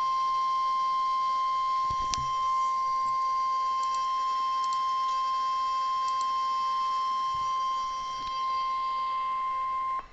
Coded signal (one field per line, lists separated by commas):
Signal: Emergency Alert System (SAME) tones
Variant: 1050 Hz attention tone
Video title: RARE Real EAS #436: (LOST EAS) Severe Thunderstorm Watch